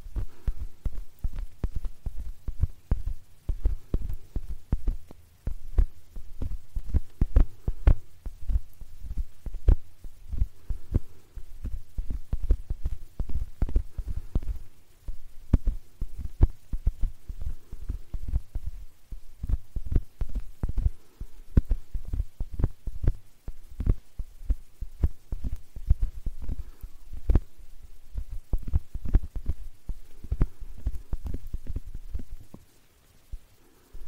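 Ear cleaning with a metal pick, heard as close, dense, irregular scratching clicks over a low muffled rumble, pausing briefly near 5, 15 and 33 seconds.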